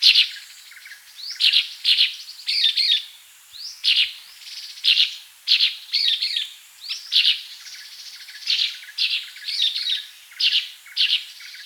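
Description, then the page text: Sultan tit giving high chirping calls with some buzzy, rasping notes, delivered in repeated bursts. "Sultan Tit Calls. Quick Sounds"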